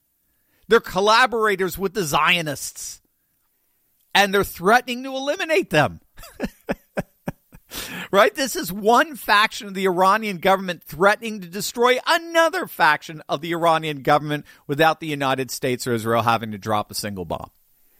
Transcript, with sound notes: They're collaborators with the Zionists, and they're threatening to eliminate them. (laughs) Right? This is one faction of the Iranian government threatening to destroy another faction of the Iranian government without the United States or Israel having to drop a single bomb.